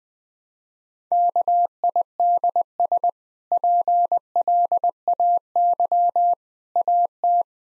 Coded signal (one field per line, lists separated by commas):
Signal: Morse code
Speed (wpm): 20 wpm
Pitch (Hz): 700 Hz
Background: none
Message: KIDS PLAY AT